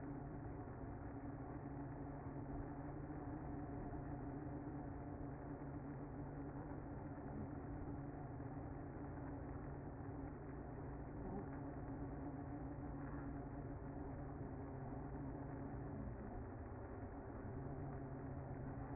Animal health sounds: honeybee colony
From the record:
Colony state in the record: active

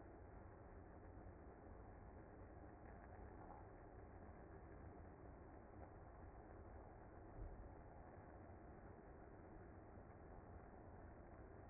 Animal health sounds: honeybee colony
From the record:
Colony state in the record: active

